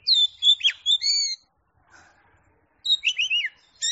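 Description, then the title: Oriental magpie-robin song: two loud bursts of rich, sliding whistles separated by more than a second of near silence. Champion singing bird. "Kicau Burung Kacer Juara"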